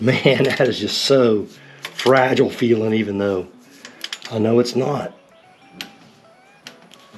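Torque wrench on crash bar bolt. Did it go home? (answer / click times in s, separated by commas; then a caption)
yes / 5.8 s. A torque wrench tightens an 8 mm crash bar bolt to 14 Nm on a Triumph Tiger 900 Rally Pro motorcycle. Someone talks over the first five seconds, then the wrench gives a light click at 5.8 s, followed by faint ticks around 6.7 and 6.9 s. The bolt reaches its torque setting.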